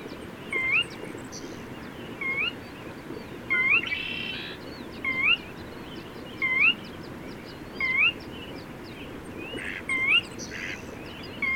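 Bird calling with short rising whistles repeated steadily, alongside a few brief buzzy bursts and a continuous low rushing noise.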